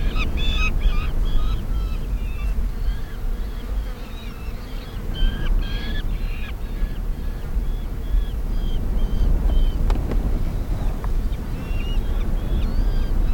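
Black falcon calls in a run of harsh notes, bunched at first, then sparser and scattered later, over a steady low rumble of noise.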